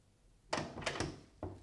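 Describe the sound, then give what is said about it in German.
A door handle is jiggled and the door thunks against its frame several times in quick, uneven jolts, as someone tries to open Aunt Luisa's locked door without it giving way. “Tante Luisas Tür ist tatsächlich zugesperrt”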